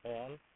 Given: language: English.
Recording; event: throat vibration sensor signal played as sound; speech